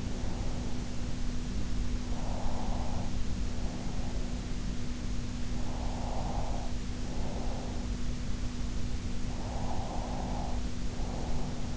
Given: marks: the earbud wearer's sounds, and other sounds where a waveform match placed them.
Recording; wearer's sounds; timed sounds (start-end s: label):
sounds in sleep by an in-ear microphone; breath
0.00-1.43 s: breath
2.01-4.65 s: breath
5.52-7.85 s: breath
9.36-11.77 s: breath